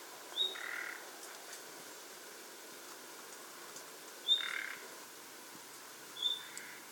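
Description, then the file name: Common nightingale calls: three high, thin whistles, each followed by a rough, buzzy croak. "Luscinia megarhynchos"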